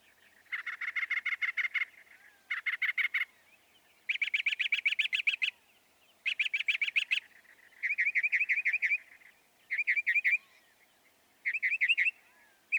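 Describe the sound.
Northern mockingbird song built from trilled, rattling phrases roughly a second long, each a different rapid repeated note, separated by short pauses.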